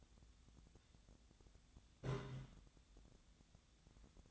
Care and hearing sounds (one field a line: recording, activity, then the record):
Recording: daily activity, microphone in the room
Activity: take from stove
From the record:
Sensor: 3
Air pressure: 1010.0 hPa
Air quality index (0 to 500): 185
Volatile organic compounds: 13 ppm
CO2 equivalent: 2416 ppm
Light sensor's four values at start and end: 41/103/44/48 and 41/103/44/47